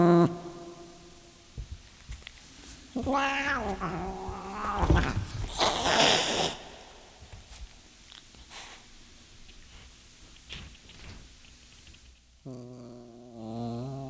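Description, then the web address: Cat giving a wavering meow amid rustling and loud handling noise, then quiet, then a long quavering meow near the end. A pet cat named Sunshine. "sunshine the cat sunshine the cat-sounds of the cat"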